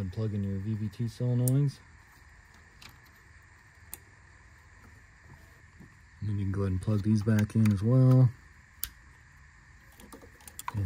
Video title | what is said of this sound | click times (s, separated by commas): 2012-2018 Ford Focus Valve Cover Gasket Replacement How-To | hear that click and | 8.8 s